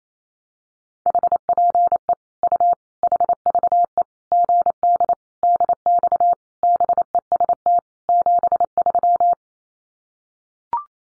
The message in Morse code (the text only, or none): HPE U HVE GD DX BEST 73